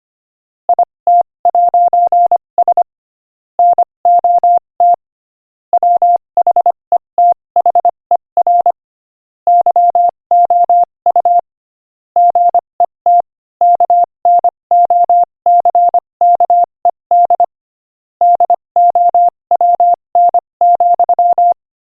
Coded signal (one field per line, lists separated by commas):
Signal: Morse code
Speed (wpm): 26 wpm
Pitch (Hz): 700 Hz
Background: none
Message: IT'S NOT WHETHER YOU GET KNOCKED DOWN,